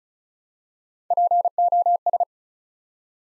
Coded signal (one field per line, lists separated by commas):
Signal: Morse code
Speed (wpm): 36 wpm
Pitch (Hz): 700 Hz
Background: none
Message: POS